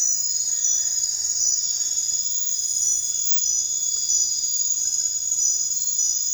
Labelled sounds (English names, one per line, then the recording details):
none
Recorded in dense forest near Puerto Asís, Putumayo, Colombia, on 16 December 2024 at 23:00
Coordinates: 0.468, -76.322
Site G071